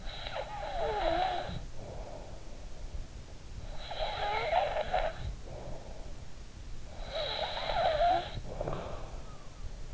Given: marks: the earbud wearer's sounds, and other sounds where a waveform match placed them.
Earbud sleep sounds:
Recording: sounds in sleep by an in-ear microphone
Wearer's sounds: snoring breath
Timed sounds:
0.00-2.54 s: snoring breath
3.66-6.07 s: snoring breath
7.02-9.26 s: snoring breath

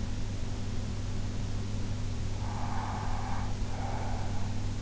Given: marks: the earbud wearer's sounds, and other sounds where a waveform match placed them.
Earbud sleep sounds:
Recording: sounds in sleep by an in-ear microphone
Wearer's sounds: breath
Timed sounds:
2.36-4.59 s: breath

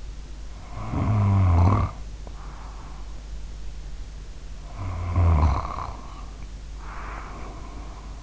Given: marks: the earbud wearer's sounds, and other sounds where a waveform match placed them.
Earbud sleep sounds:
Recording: sounds in sleep by an in-ear microphone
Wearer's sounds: snoring breath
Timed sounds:
0.64-3.39 s: snoring breath
4.62-8.23 s: snoring breath

